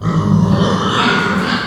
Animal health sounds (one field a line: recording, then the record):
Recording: squeal of a Yucatan mini pig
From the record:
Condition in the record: after surgery on the right vocal fold (resection and tissue-engineered implant)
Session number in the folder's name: 16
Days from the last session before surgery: 183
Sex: female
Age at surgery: 19 weeks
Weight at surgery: 25 kg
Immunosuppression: prednisolone